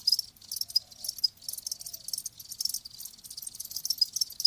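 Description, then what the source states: A cricket chorus of rapid high-pitched chirps, pulsing unevenly and almost continuously throughout. Live crickets chirping, presented as a sleep sound.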